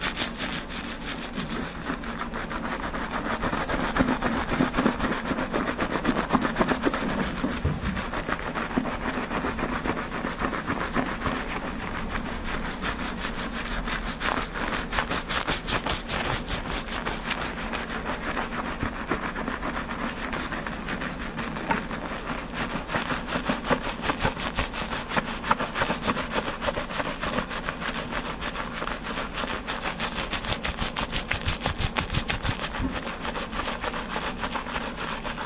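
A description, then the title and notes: Hair being shampooed with a gentle scalp massage: a steady, dense rubbing and squishing that runs without pause for the whole stretch. Quick, fine scrubbing strokes stay even in level, with a soft low hum underneath. Gentle Shampoo and Massage. Today it's a shampoo, scalp massage, hair washing with no talking.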